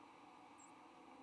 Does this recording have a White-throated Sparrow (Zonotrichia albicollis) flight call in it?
no